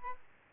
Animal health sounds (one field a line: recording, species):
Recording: mosquito wingbeat signal from an infrared sensor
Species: Aedes albopictus